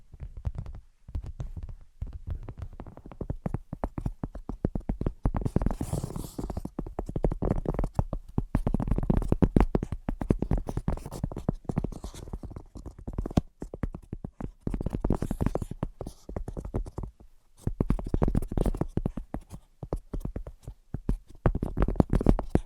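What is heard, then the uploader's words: Dense tapping runs through nearly the whole clip as rapid, irregular clicks and knocks with a soft, low thump beneath them. The pace stays busy with brief pauses near one and seventeen seconds, and a soft hiss brightens around six seconds. Brain Penetrating 3D Tapping.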